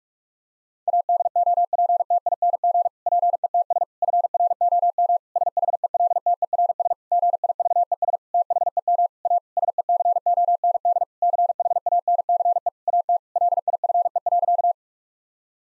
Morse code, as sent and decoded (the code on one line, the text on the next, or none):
.- -.. --- .--. - .. -. --. / .--. . - ... / ..-. .-. --- -- / ... .... . .-.. - . .-. ... / --. .. ...- . ... / - .... . -- / .- / ... . -.-. --- -. -.. / -.-. .... .- -. -.-. . / .- - / .-.. .. ..-. . .-.-.-
ADOPTING PETS FROM SHELTERS GIVES THEM A SECOND CHANCE AT LIFE.